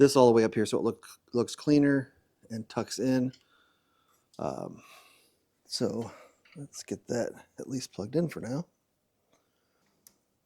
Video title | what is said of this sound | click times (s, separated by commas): Indian Springfield Lighted War Bonnet | There it goes. Here's a nice little click. | 10.1 s